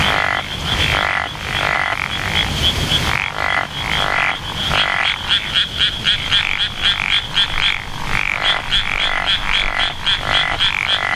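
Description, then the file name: Japanese wrinkled frog calling, a run of rasping croaks over a steady high insect drone. "tsuchigaeru"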